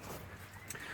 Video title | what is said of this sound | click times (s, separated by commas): Diagnosing & Fixing Problem With Chevy Truck Fuel System | uh that snaps in | 0.7 s